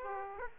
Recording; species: mosquito wingbeat signal from an infrared sensor; Aedes aegypti